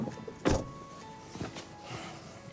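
Someone climbs into a car: a dull thump at the start, then a second softer knock and light shuffling against a steady low hum, with no talking.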